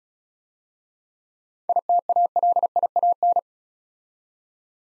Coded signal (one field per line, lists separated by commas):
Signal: Morse code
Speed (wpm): 35 wpm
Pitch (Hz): 700 Hz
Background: none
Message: ITALIAN